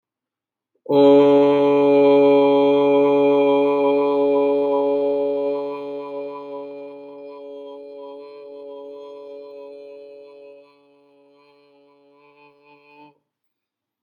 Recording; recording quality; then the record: sustained vowel as in boot; excellent, no background noise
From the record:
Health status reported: healthy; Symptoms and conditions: none ticked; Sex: male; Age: 45 years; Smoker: not ticked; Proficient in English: yes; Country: India